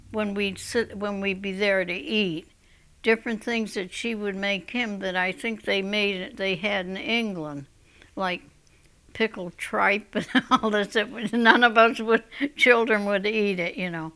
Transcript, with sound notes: when we'd sit, when we'd be there to eat, different things that she would make him that I think they made, they had in England, like pickled tripe and all this. ( she laughs ) It was, none of us children would eat it, you know?